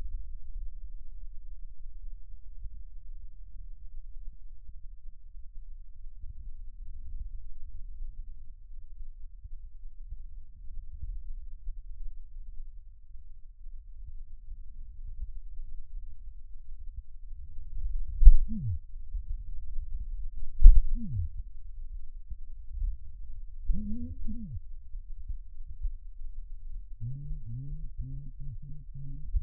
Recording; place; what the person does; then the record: lung sounds by stethoscope; left posterior apical chest; quiet breathing, then cough and speech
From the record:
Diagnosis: pulmonary infection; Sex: male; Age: 54 years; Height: 187 cm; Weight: 95 kg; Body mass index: 27.2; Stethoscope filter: bell mode